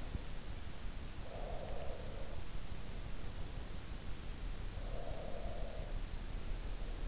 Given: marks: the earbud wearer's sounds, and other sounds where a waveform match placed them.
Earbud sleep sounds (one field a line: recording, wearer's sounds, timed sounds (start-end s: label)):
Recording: sounds in sleep by an in-ear microphone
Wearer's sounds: breath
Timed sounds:
1.09-3.49 s: breath
4.75-7.08 s: breath